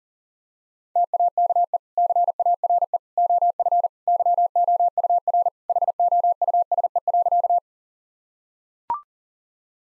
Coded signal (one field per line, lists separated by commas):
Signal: Morse code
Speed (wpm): 40 wpm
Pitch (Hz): 700 Hz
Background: none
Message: TAKE CARE OF YOUR HOUSE.